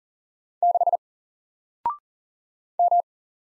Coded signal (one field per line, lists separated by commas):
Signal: Morse code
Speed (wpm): 40 wpm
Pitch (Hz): 700 Hz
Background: none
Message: 6 M